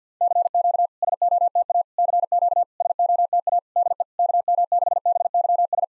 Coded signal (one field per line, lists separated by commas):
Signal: Morse code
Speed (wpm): 50 wpm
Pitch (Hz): 700 Hz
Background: none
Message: CQ SOTA CQ SOTA DE KM6BYS